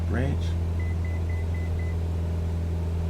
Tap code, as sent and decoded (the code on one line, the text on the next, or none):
none